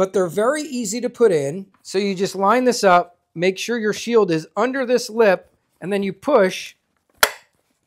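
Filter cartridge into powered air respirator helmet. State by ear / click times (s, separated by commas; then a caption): seated / 7.2 s. Someone talks while a plastic filter cartridge is lined up with the face shield under the lip of a MicroClimate Air3 powered air respirator helmet and pushed in. After the speech stops, one loud, sharp click is heard at 7.2 s as the filter snaps into place, fully seated.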